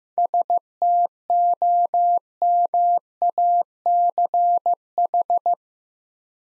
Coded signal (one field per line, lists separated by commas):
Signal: Morse code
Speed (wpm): 15 wpm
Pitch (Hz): 700 Hz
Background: none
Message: STOMACH